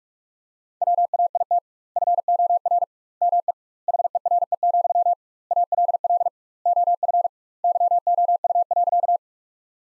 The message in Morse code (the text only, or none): WAIT FOR ME HERE, ALL OF YOU.